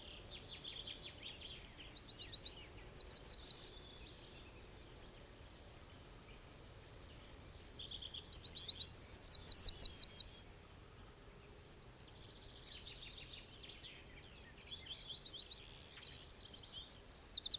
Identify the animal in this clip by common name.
Eurasian Wren